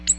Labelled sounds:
Ovenbird (Seiurus aurocapilla) flight call

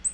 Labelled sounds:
Black-throated Green Warbler (Setophaga virens) flight call

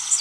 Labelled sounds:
Blackburnian Warbler (Setophaga fusca) flight call

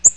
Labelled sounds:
Yellow-rumped Warbler (Setophaga coronata) flight call

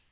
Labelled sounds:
Northern Parula (Setophaga americana) flight call

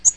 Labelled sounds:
Yellow-rumped Warbler (Setophaga coronata) flight call

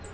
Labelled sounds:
Black-throated Green Warbler (Setophaga virens) flight call

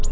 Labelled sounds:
Nashville Warbler (Leiothlypis ruficapilla) flight call

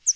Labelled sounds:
Northern Parula (Setophaga americana) flight call

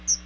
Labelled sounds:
Chestnut-sided Warbler (Setophaga pensylvanica) flight call

